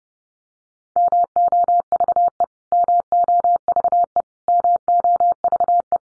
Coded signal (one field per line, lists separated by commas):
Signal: Morse code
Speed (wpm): 30 wpm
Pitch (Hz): 700 Hz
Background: none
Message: MOVE MOVE MOVE